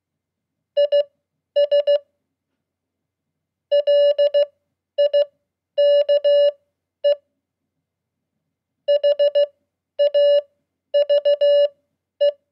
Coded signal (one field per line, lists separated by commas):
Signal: Morse code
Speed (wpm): 16 wpm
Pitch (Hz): 580 Hz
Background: none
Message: IS LIKE HAVE